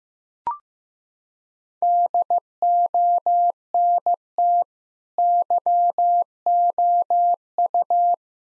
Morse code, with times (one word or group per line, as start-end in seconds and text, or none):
1.8-4.6 DONT
5.2-8.1 YOU